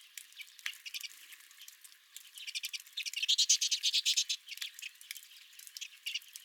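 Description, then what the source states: Redpolls chattering in dense, rapid high chips and buzzy notes, swelling to a loud burst in the middle before thinning again. Several redpolls at the recordist's own feeder.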